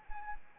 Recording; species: mosquito wingbeat signal from an infrared sensor; Anopheles arabiensis